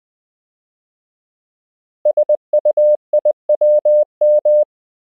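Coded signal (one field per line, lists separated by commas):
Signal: Morse code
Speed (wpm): 20 wpm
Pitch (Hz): 600 Hz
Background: none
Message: SUIWM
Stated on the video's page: Koch method lesson 12 drill: English words and ham radio QSO patterns at 20 WPM, generated by a Morse app.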